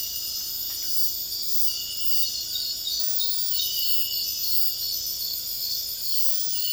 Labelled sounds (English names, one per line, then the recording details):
none
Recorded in secondary vegetation near Puerto Asís, Putumayo, Colombia, on 18 February 2024 at 01:30
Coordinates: 0.481, -76.323
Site G6376